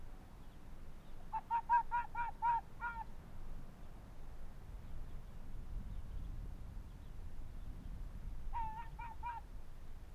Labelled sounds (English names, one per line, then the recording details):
Arctic Fox
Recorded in the wild
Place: Insel Mednyi, Kommandeur-Inseln, RU
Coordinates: 54.5167, 168.083
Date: 1999-07-23 20:12
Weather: 8°C, bedeckt, Nebel, leichter Südwestwind
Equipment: Sony WM-D6C, Sennheiser ME 80, K 30 AV, Windkorb, Kopie Tascam DA 30
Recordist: Jakupi, Antje